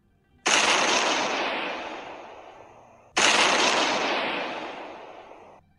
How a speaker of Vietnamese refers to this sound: Tiếng nổ như trời sập liên tiếp vang lên bên tai, đất rung núi chuyển, hỏa quang tràn ngập, chiếu sáng cả bầu trời.